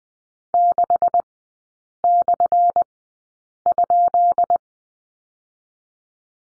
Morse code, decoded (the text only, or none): 6/?